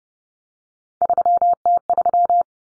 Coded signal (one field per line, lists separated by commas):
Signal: Morse code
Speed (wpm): 30 wpm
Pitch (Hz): 700 Hz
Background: none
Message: 3T3